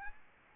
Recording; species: mosquito wingbeat signal from an infrared sensor; Aedes albopictus